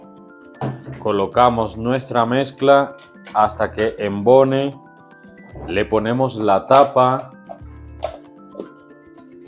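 Someone talks while a lid is being put on an ice cream container for an ice cream maker, with faint handling taps around 7.5 s, 8.1 s and 8.6 s. Nothing has clicked or locked yet; the lid is still being handled and not yet turned home.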